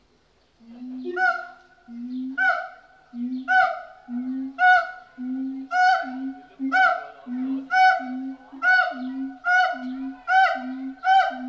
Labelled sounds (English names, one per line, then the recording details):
Pileated Gibbon
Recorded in captivity
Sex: male
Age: adult
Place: Zoo Berlin, Berlin, DE
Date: 1988-05-28 10:15
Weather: sonnig, schwül, 20-26°C
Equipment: 19 cm Stereo
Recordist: Tembrock, Günter